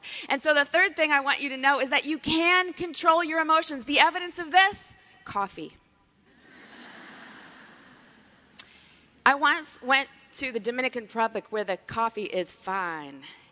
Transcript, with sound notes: And so the third thing I want you to know is that you can control your emotions. The evidence of this? Coffee. (laughter) I once went to the Dominican Tropic where the coffee is fine.